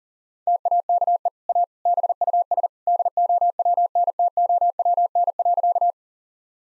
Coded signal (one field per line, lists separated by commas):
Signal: Morse code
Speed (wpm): 40 wpm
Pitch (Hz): 700 Hz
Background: none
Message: TAKE A BUS DOWNTOWN.